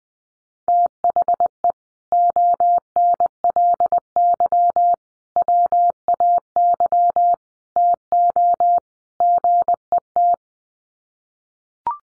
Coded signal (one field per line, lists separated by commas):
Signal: Morse code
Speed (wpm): 20 wpm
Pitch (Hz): 700 Hz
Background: none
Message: THE ONLY WAY TO GET